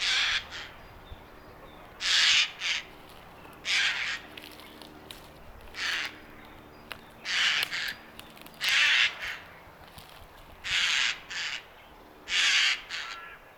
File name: Garrulus glandarius